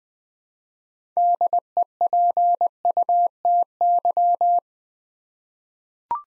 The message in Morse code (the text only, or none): DEPUTY